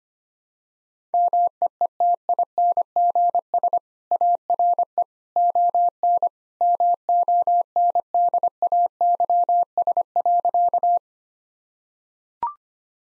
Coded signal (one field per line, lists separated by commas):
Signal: Morse code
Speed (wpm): 25 wpm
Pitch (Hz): 700 Hz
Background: none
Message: MEETINGS ARE ON MONDAYS.